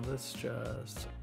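The daytime running light wiring connector is pushed through the housing of an MGF projector headlight retrofit while music plays and someone talks. Nothing has seated or clicked yet in this clip.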